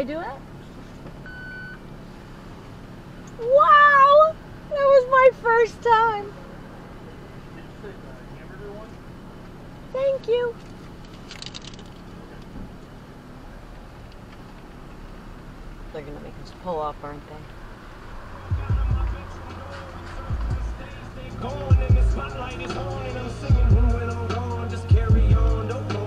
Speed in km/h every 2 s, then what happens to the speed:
0, 0, 0, 0, 0, 0, 0, 0, 0, 0, 0, 0, 0.
0-26 standing.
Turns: none.